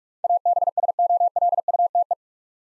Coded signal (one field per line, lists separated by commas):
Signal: Morse code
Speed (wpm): 46 wpm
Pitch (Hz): 700 Hz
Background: none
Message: ABSOLUTE